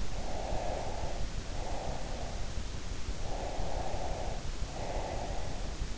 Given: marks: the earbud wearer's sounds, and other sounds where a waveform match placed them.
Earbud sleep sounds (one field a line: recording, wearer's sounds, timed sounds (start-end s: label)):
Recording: sounds in sleep by an in-ear microphone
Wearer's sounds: breath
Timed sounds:
0.02-2.73 s: breath
3.43-5.64 s: breath